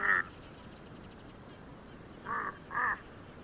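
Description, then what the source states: Tibetan crow calls, three harsh, hoarse caws: one at the start, then two close together near the end, with quiet between. Tibetan crow recorded in Nepal.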